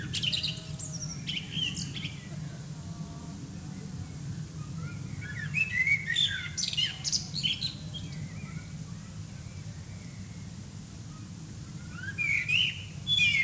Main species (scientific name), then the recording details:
Turdus merula. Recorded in the wild. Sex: male. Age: adult. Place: Lübars, Benekendorffstraße, Berlin, DE. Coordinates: 52.6167, 13.3469. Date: 2003-07-19 21:08. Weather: fair, 24°C. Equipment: Fair Mate ST-1328 (Asahi Electronics, Japan), Sennheiser ME 80, Kopie Uher 4000 Report Monitor. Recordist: Tembrock, Günter. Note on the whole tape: Gesang (drei Strecken jeweils zusammenhängend): 20.45 Uhr, 21.08 Uhr und anschließend Aufnahme vom 28.07.2003, 19.59 Uhr: Gesang (lange Pausen geschnitten)